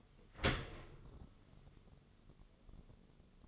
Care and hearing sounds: daily activity, microphone in the room; open dishwasher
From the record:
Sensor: 4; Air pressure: 1015.9 hPa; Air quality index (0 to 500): 104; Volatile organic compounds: 2 ppm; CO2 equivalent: 1172 ppm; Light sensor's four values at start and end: 8/18/7/7 and 8/18/7/7

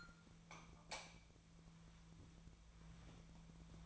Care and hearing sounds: daily activity, microphone in the room; light off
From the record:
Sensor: 1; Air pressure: 1000.0 hPa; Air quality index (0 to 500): 129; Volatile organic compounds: 2 ppm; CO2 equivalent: 1222 ppm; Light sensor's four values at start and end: 42/111/45/55 and 38/96/40/49

